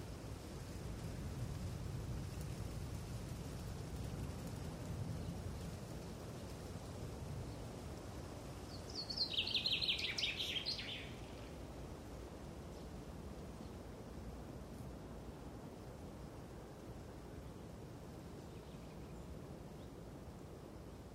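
Wind roars in a steady low rumble that is heaviest during the first seven or eight seconds, then eases to a thinner, even hiss. Around nine to eleven seconds a brief bright chirping burst, likely a bird, rises above the wind.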